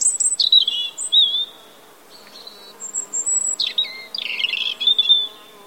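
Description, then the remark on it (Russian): A bird sings a run of bright, ringing high notes that tumble and bubble like water poured from a jug, in several quick phrases with short pauses between, alone without any talking. “А потом как будто бы из этого графина наливают в стакан воду. И получается такой буль-буль-буль-буль-буль льющийся звук.”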